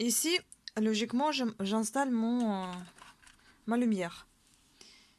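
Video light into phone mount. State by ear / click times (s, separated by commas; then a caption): seated / 4.8 s. A small video light is fitted onto a phone mount while someone talks. A short tap is heard at 4.8 s as the light clicks into the mount and seats.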